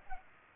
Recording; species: mosquito wingbeat signal from an infrared sensor; Culex pipiens